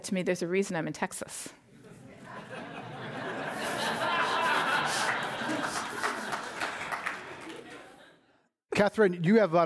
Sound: laughter